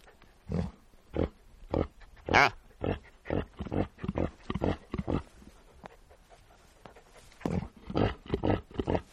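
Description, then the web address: Reindeer giving short, low grunts in irregular bursts, one louder grunt early on, then a quieter gap before the grunting picks up again. "el sonido del grunido de los renos"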